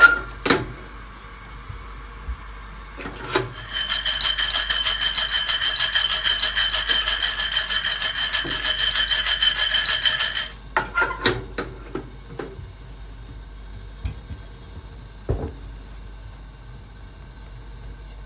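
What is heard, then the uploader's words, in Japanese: Green coffee beans being roasted. From about four to ten seconds a dense, steady rasping rattle with a bright whine runs continuously, then cuts off. Sharp cracks and clicks come before and after it, scattered unevenly, over a faint low hum. 今朝は”キリマンジャロブレンド”生豆を焙煎。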